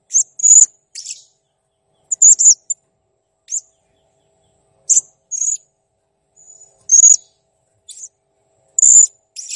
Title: Masteran Burung Serindit Ll Masteran Serindit Gacor Jernih